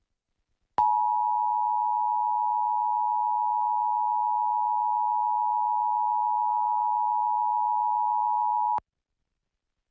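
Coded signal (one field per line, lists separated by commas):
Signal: Emergency Alert System (SAME) tones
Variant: 853 and 960 Hz attention tone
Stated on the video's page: Required Monthly Test of the Emergency Alert System as received on Salt Lake City television stations.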